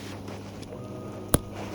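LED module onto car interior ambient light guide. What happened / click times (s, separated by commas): The small plastic module clicked into place / 1.3 s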